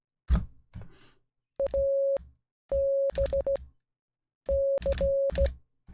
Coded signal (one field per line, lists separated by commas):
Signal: Morse code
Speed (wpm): 16 wpm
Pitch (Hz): 550 Hz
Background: none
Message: ABC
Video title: Morse Code | Alphabet & Words Practice | Numbers 1-10